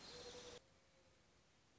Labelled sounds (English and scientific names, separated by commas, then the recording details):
Mourning Dove (Zenaida macroura)
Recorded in Sonoma County, California